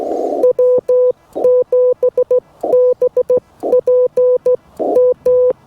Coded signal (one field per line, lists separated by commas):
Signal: Morse code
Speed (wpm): 14 wpm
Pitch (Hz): 500 Hz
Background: none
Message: W7BPM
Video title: POTA in the Redwoods: Harder Than You'd Think!